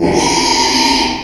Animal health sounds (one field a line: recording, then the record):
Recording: squeal of a Yucatan mini pig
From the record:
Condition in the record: after surgery on the right vocal fold (resection and tissue-engineered implant)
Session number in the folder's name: 2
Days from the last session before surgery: 13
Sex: male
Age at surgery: 12 weeks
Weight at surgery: 13 kg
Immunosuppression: cyclosporine, prednisolone